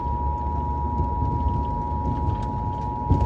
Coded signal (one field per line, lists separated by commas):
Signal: Emergency Alert System (SAME) tones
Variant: 853 and 960 Hz attention tone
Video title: Severe Thunderstorm Warning (EAS 2320)